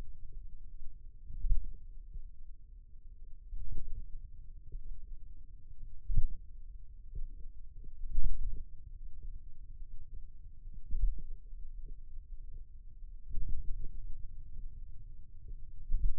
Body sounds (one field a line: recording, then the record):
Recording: forearm muscle sounds (acoustic myography)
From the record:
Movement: pen grasping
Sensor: system 2, bracelet of six BSWA MPA416 microphones around the upper forearm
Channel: 6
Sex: male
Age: 22 years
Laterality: right